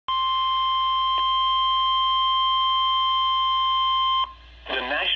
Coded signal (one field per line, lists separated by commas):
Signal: Emergency Alert System (SAME) tones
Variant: 1050 Hz attention tone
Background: speech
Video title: Flash Flood Warning - 08/16/18 (EAS #1,665)